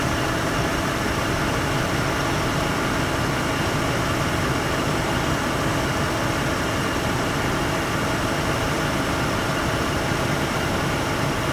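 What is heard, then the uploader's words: A car engine idles steadily with no variation or breaks, a dense, even hum from low rumble up through a bright hiss. Faint fixed tones sit within the drone, and the level holds constant throughout. 1988 Lincoln Town Car Idling: Relaxing Engine White Noise. The natural sounds of the engine, without any dialogue or voice. The white noise of the engine.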